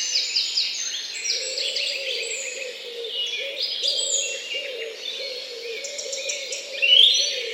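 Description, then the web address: Birds twitter and trill in a thick chorus while a steady low pulsing sound runs beneath, ending on a brighter whistled note. Morning bird songs. "utrennie pesni ptic"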